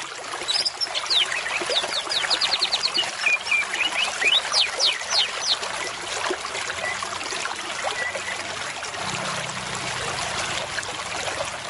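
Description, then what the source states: White-rumped shama song: a rapid series of high whistled notes in the first half, over a constant hiss. Lure call (pikat) meant to attract birds.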